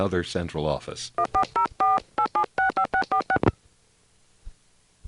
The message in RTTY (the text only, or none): none